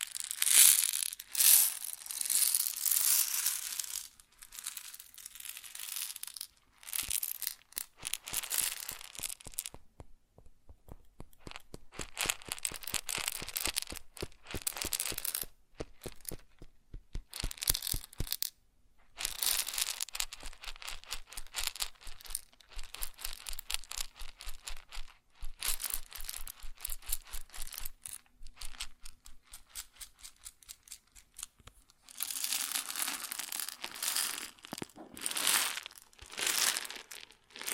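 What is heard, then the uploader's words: Grain sounds made up of dense, bright rustling and pouring hiss in bursts at the start, around 15 to 20 seconds, and again from about 32 seconds to the end. Between these bursts come rapid, crisp clicks and crinkles, like grains tapping and scattering. ASMR Grain Sounds (No Talking).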